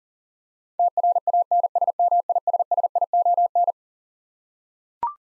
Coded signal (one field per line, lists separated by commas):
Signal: Morse code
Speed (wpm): 40 wpm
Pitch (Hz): 700 Hz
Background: none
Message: TRANSMISSION